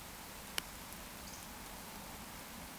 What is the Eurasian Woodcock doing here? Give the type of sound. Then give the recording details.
whistle. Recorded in Baden-Württemberg, Germany, on 14 June 2020 at 20:14 UTC. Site 14569, 102 m above sea level